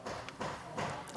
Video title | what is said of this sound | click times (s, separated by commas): etrailer - Installing the Redarc Tow-Pro Liberty Brake Controller on a 2022 Ram 2500 | That'll just snap right in. | 1.1 s